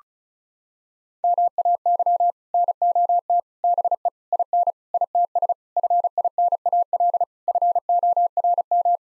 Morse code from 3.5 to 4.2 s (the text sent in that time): BE